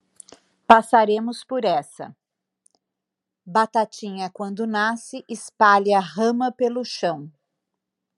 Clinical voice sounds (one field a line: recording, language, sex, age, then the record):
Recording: short text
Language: Brazilian Portuguese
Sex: female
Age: 50 to 59 years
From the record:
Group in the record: control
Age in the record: 52 years